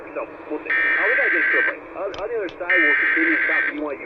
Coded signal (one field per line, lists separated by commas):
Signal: Emergency Alert System (SAME) tones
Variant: header bursts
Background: speech